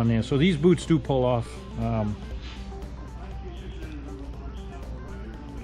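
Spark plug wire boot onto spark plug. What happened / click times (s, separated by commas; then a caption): The boot was handled with no seating click / none. On a RANS S-21, a spark plug wire boot is pulled off the spark plug and handled before being put back on. Someone talks for about the first two seconds, then a low steady hum and faint handling noise continue. Nothing has seated or clicked yet.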